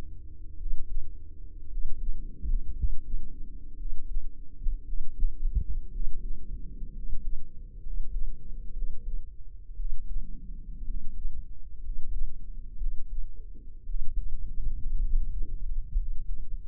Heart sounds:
heart sounds by microphone in the right ear; 58 bpm
0.54 s: heartbeat
1.66 s: heartbeat
2.71 s: heartbeat
3.73 s: heartbeat
4.81 s: heartbeat
5.88 s: heartbeat
6.90 s: heartbeat
7.78 s: heartbeat
8.70 s: heartbeat
9.73 s: heartbeat
10.82 s: heartbeat
11.78 s: heartbeat
12.75 s: heartbeat
13.83 s: heartbeat
14.97 s: heartbeat
15.94 s: heartbeat
From the record:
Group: healthy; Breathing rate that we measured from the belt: 14 breaths a minute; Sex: male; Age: 23 years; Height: 178 cm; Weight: 96.6 kg

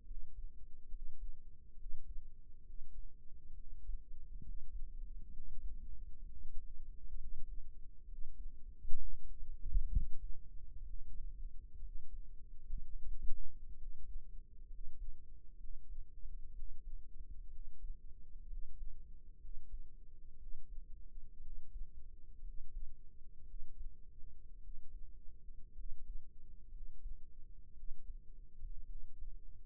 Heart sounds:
heart sounds by microphone in the right ear; 62 bpm
0.04 s: heartbeat
0.89 s: heartbeat
1.76 s: heartbeat
2.63 s: heartbeat
3.55 s: heartbeat
4.42 s: heartbeat
5.31 s: heartbeat
6.23 s: heartbeat
7.17 s: heartbeat
8.06 s: heartbeat
8.96 s: heartbeat
9.89 s: heartbeat
10.84 s: heartbeat
11.80 s: heartbeat
12.78 s: heartbeat
13.75 s: heartbeat
14.68 s: heartbeat
15.57 s: heartbeat
16.52 s: heartbeat
17.49 s: heartbeat
18.46 s: heartbeat
19.38 s: heartbeat
20.36 s: heartbeat
21.40 s: heartbeat
22.41 s: heartbeat
23.44 s: heartbeat
24.59 s: heartbeat
25.74 s: heartbeat
26.69 s: heartbeat
27.73 s: heartbeat
28.86 s: heartbeat
From the record:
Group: healthy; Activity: rest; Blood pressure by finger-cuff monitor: 102/63 mmHg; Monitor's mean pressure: 75 mmHg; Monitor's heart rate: 63 bpm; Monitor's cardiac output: 5.7 L/min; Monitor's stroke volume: 91 mL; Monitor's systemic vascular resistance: 980 dyn s/cm5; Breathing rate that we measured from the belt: 16 breaths a minute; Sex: male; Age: 22 years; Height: 181 cm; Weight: 79 kg

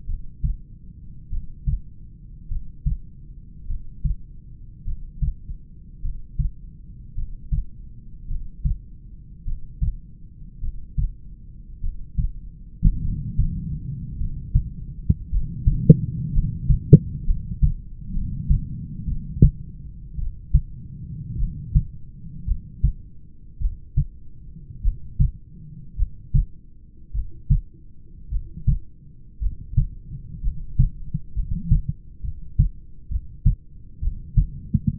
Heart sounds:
heart sounds by stethoscope; 55 bpm
0.10 s: heartbeat
1.34 s: heartbeat
2.52 s: heartbeat
3.71 s: heartbeat
4.88 s: heartbeat
6.05 s: heartbeat
7.18 s: heartbeat
8.31 s: heartbeat
9.48 s: heartbeat
10.64 s: heartbeat
11.85 s: heartbeat
13.05 s: heartbeat
14.22 s: heartbeat
15.33 s: heartbeat
16.36 s: heartbeat
17.28 s: heartbeat
18.15 s: heartbeat
19.10 s: heartbeat
20.21 s: heartbeat
21.41 s: heartbeat
22.49 s: heartbeat
23.63 s: heartbeat
24.86 s: heartbeat
26.00 s: heartbeat
27.17 s: heartbeat
28.34 s: heartbeat
29.44 s: heartbeat
30.46 s: heartbeat
31.38 s: heartbeat
32.26 s: heartbeat
33.13 s: heartbeat
34.05 s: heartbeat
From the record:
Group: heart failure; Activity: breath hold 0-17 s, rest 17-35 s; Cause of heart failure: familial cardiomyopathy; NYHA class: 1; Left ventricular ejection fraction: 49%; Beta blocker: bisoprolol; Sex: male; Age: 31 years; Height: 194 cm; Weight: 96 kg

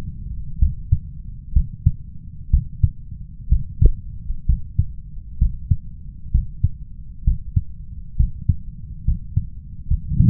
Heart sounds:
heart sounds by stethoscope; 65 bpm
0.59 s: heartbeat
1.53 s: heartbeat
2.50 s: heartbeat
3.49 s: heartbeat
4.46 s: heartbeat
5.38 s: heartbeat
6.31 s: heartbeat
7.24 s: heartbeat
8.16 s: heartbeat
9.05 s: heartbeat
9.87 s: heartbeat
From the record:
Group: healthy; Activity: rest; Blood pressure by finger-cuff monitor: 115/71 mmHg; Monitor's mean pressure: 82 mmHg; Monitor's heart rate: 64 bpm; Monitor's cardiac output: 5.7 L/min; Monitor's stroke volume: 88 mL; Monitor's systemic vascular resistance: 1070 dyn s/cm5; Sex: male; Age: 21 years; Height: 170 cm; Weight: 71 kg

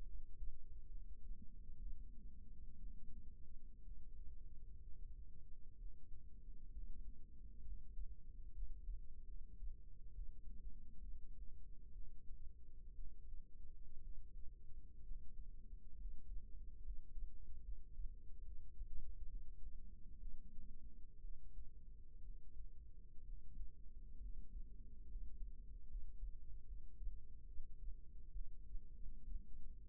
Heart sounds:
heart sounds by microphone in the right ear; 66 bpm
0.04 s: heartbeat
0.87 s: heartbeat
1.77 s: heartbeat
2.77 s: heartbeat
3.81 s: heartbeat
4.79 s: heartbeat
5.76 s: heartbeat
6.70 s: heartbeat
7.62 s: heartbeat
8.52 s: heartbeat
9.24 s: heartbeat
10.12 s: heartbeat
10.97 s: heartbeat
11.91 s: heartbeat
12.94 s: heartbeat
13.99 s: heartbeat
15.01 s: heartbeat
15.95 s: heartbeat
16.81 s: heartbeat
17.62 s: heartbeat
18.42 s: heartbeat
19.27 s: heartbeat
20.18 s: heartbeat
21.18 s: heartbeat
22.21 s: heartbeat
23.23 s: heartbeat
24.18 s: heartbeat
25.06 s: heartbeat
25.86 s: heartbeat
26.64 s: heartbeat
27.44 s: heartbeat
28.30 s: heartbeat
29.26 s: heartbeat
From the record:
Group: healthy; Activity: cold pressor test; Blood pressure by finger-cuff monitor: 143/68 mmHg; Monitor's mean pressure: 91 mmHg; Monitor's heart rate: 66 bpm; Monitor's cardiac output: 6.5 L/min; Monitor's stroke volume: 98 mL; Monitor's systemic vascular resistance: 1040 dyn s/cm5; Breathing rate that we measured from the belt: 7 breaths a minute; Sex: female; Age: 37 years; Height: 168 cm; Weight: 70 kg

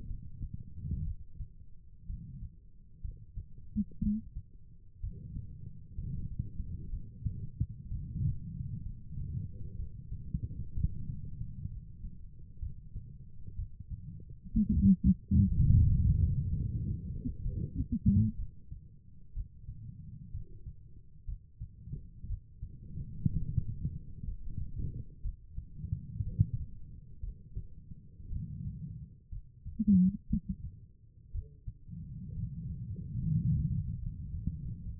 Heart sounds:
heart sounds by stethoscope; 62 bpm
0.07 s: heartbeat
1.04 s: heartbeat
2.06 s: heartbeat
3.01 s: heartbeat
4.00 s: heartbeat
5.00 s: heartbeat
5.95 s: heartbeat
6.89 s: heartbeat
7.88 s: heartbeat
8.82 s: heartbeat
9.76 s: heartbeat
10.74 s: heartbeat
11.68 s: heartbeat
12.59 s: heartbeat
13.55 s: heartbeat
14.51 s: heartbeat
15.48 s: heartbeat
16.46 s: heartbeat
17.42 s: heartbeat
18.36 s: heartbeat
19.33 s: heartbeat
20.31 s: heartbeat
21.25 s: heartbeat
22.27 s: heartbeat
23.31 s: heartbeat
24.24 s: heartbeat
25.22 s: heartbeat
26.23 s: heartbeat
27.20 s: heartbeat
28.29 s: heartbeat
29.29 s: heartbeat
30.27 s: heartbeat
31.32 s: heartbeat
32.33 s: heartbeat
33.20 s: heartbeat
33.99 s: heartbeat
34.82 s: heartbeat
From the record:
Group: healthy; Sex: female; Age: 36 years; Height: 163 cm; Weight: 88 kg

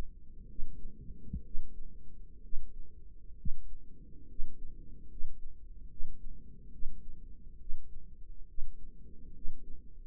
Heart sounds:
heart sounds by microphone in the right ear; 68 bpm
0.51 s: heartbeat
1.47 s: heartbeat
2.45 s: heartbeat
3.40 s: heartbeat
4.31 s: heartbeat
5.12 s: heartbeat
5.92 s: heartbeat
6.74 s: heartbeat
7.62 s: heartbeat
8.50 s: heartbeat
9.37 s: heartbeat
From the record:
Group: healthy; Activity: rest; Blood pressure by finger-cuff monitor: 153/93 mmHg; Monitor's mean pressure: 109 mmHg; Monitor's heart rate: 68 bpm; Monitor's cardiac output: 7.8 L/min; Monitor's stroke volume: 111 mL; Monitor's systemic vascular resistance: 1050 dyn s/cm5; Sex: male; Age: 30 years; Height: 188 cm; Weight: 110.2 kg

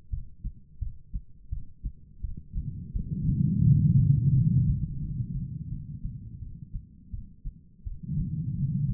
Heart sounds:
heart sounds by stethoscope; 85 bpm
0.10 s: heartbeat
0.79 s: heartbeat
1.50 s: heartbeat
2.21 s: heartbeat
2.93 s: heartbeat
3.64 s: heartbeat
4.33 s: heartbeat
5.00 s: heartbeat
5.69 s: heartbeat
6.40 s: heartbeat
7.11 s: heartbeat
7.84 s: heartbeat
8.55 s: heartbeat
From the record:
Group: healthy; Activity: Valsalva maneuver 0-4 s, rest 4-9 s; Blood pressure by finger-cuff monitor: 171/116 mmHg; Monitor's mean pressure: 152 mmHg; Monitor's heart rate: 86 bpm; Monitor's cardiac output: 3.9 L/min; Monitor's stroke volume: 44 mL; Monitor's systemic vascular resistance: 2250 dyn s/cm5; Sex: female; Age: 51 years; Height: 162 cm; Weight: 70.04 kg

